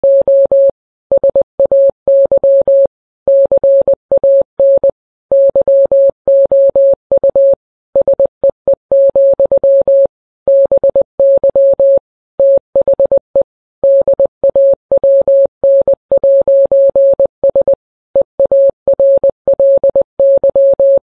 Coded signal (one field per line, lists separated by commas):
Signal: Morse code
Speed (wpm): 20 wpm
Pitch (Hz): 550 Hz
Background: none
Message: O SAY CAN YOU SEE, BY THE DAWN'S EARLY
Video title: The U.S. National Anthem, but it’s Morse Code.